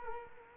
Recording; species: mosquito wingbeat signal from an infrared sensor; Culex quinquefasciatus